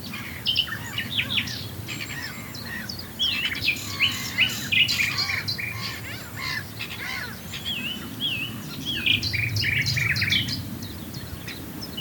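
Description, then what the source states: Common nightingale song, a dense run of varied high whistles, chirps and short trills, with a low rumble underneath. Recorded at Swale.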